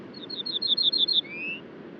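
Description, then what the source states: Ortolan bunting song: several bright repeated high notes followed by one longer, lower, slightly rising whistled note. Male singing on a larch at the treeline, about 400 m below Col du Granon (2400 m), Hautes-Alpes above Briançon, at dawn on 23 June 2018.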